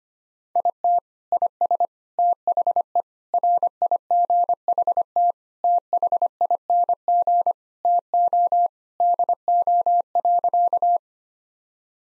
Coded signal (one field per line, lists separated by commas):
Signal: Morse code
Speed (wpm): 25 wpm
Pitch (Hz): 700 Hz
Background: none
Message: IT IS THE RIGHT THING TO DO.